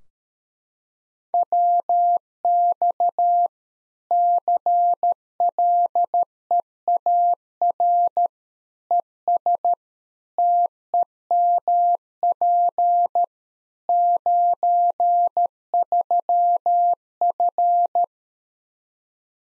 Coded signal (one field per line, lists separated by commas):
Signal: Morse code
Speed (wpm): 13 wpm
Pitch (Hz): 700 Hz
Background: none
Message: WX CLEAR ES TEMP 93F